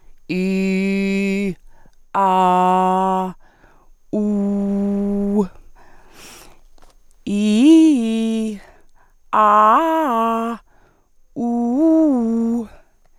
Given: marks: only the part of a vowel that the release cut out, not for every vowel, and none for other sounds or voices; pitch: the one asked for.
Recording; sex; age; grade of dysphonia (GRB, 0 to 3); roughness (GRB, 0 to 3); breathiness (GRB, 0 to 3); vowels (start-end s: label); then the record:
sustained vowels; female; 50 to 59 years; 1; 1; 1
0.46-1.43 s: vowel /i/, low pitch
2.36-3.19 s: vowel /a/, low pitch
4.21-5.32 s: vowel /u/, low pitch
7.36-8.43 s: vowel /i/, low-high-low pitch
9.41-10.42 s: vowel /a/, low-high-low pitch
11.46-12.49 s: vowel /u/, low-high-low pitch
From the record:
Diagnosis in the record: dysphonia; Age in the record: 59 years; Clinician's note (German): Leichte funktionelle